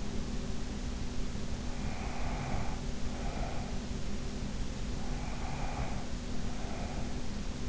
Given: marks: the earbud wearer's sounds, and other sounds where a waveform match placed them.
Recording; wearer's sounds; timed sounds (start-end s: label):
sounds in sleep by an in-ear microphone; breath
1.82-3.79 s: breath
5.15-7.18 s: breath